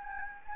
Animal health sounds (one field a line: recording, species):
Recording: mosquito wingbeat signal from an infrared sensor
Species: Anopheles gambiae